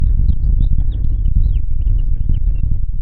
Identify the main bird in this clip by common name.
House Finch